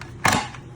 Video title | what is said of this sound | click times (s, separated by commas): Tupperware Mandoline | and that will just simply snap right in one two or three locks | 0.0 s, 0.3 s